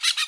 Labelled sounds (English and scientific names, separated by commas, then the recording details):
Brown-throated Parakeet (Eupsittula pertinax) contact call
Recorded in Curacao
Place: Road to Santa Cruz
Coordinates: 12.305, -69.141